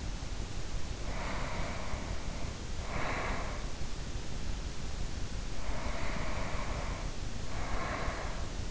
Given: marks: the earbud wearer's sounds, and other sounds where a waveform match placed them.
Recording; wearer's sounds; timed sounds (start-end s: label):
sounds in sleep by an in-ear microphone; breath
0.96-3.96 s: breath
5.52-8.70 s: breath